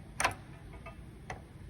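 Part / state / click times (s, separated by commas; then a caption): tailgate lock catch closing on a screwdriver standing in for the striker / not seated / none. A removed, worn VW Polo tailgate lock catch is worked with a screwdriver pushed through it in place of the striker. Faint ticks are heard at about 0.2, 0.3, 0.9 and 1.3 seconds rather than a firm snap. Nothing has clicked or latched yet; the lock fails to hold and pops straight back open under any force.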